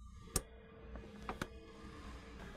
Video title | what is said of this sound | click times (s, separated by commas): Flowmaster Delta Force Cold Air Intake for 2007-2011 Jeep Wrangler | then go ahead and push the locking tab okay | 0.4 s